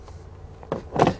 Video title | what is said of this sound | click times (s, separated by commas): Air Force One Braking System-Torklift Central Welding | it's made a good connection you can easily flip over the case and it should snap right into place give | 0.7 s, 1.0 s